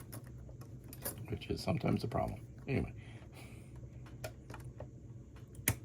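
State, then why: Seated. A button-sewing presser foot is placed under a sewing machine's foot holder and pressed up against it while someone talks, with small taps and clicks of the parts being handled. At 5.7 s a sharp, loud click is heard as the presser foot snaps onto the foot holder and is seated.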